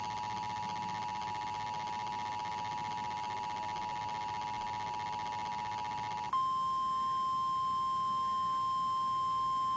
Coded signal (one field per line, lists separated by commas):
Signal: Emergency Alert System (SAME) tones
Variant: 853 and 960 Hz attention tone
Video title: Flood Warning on TV (EAS #10)